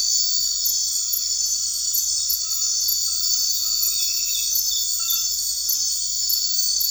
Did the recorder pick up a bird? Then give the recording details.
no. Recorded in secondary vegetation near Puerto Asís, Putumayo, Colombia, on 8 March 2025 at 21:30. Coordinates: 0.499, -76.323. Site G094